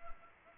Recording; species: mosquito wingbeat signal from an infrared sensor; Anopheles arabiensis